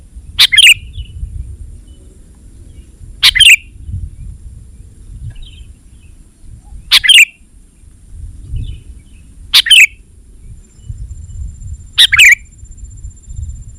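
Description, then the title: Sooty-headed bulbul calls: five short, bright chirpy phrases spaced about every three seconds, with a soft low rumble between them. "kutilang"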